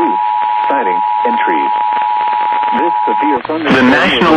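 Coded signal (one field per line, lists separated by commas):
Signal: Emergency Alert System (SAME) tones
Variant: 853 and 960 Hz attention tone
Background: speech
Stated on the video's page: Personally captured real EAS alerts.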